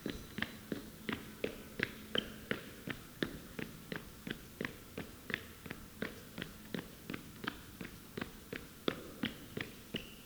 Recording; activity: daily activity, guitar pickup as the sensor; run